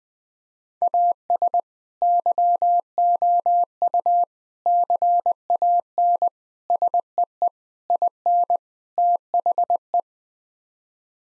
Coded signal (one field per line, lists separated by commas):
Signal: Morse code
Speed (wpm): 20 wpm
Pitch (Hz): 700 Hz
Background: none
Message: AS YOU CAN SEE IN THE